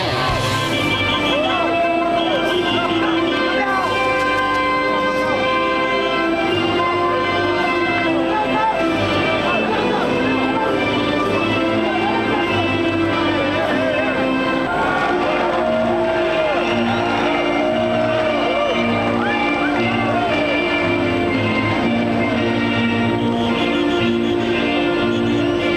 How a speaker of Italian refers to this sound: iniziare miscelando i due inni nazionali, la marcia reale spagnola per Fernando Alonso e poi l'inno di Mameli per la scuderia Ferrari